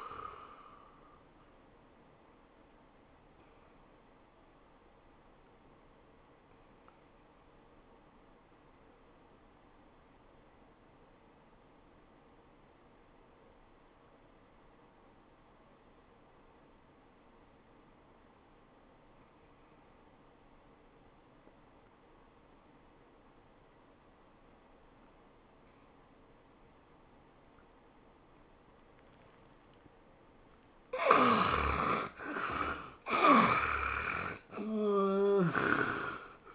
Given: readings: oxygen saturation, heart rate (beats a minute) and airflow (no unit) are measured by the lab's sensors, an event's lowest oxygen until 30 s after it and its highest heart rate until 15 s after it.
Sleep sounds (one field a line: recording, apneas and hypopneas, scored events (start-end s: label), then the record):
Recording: breathing in sleep by a voice recorder at the bedside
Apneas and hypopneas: 1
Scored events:
9.00-32.00 s: obstructive apnea (N1, oxygen 97% highest, then 70% lowest, heart rate 78 at the start, 101 highest)
From the record:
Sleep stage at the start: N1 (lightest sleep)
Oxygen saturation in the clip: 72 to 97%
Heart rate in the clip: 71 to 102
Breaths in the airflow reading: 3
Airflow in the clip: -20.1 to 11.2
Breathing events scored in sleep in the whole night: 403 in 5.5 hours asleep